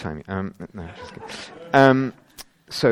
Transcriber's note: laughter